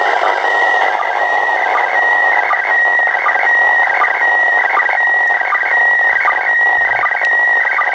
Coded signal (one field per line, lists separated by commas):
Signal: SSTV (slow-scan television)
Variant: PD 180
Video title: ISS SSTV audio recieved 19/07/2015 @ 04:10 UTC